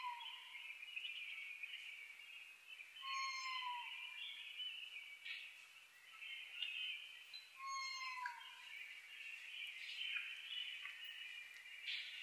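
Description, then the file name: Oriental scops owl whistling three falling notes a few seconds apart, the first cut off at the start, with brief high harmonic calls, all over a continuous high chorus. Recorded 21 May 2011 at 19:12; Japanese name konohazuku. "konohazuku 20110521-1912"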